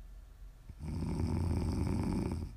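A single low, rattling snore from an adult sleeper lasting about two seconds, with rough vibration strongest in the deep tones.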